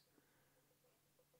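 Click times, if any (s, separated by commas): none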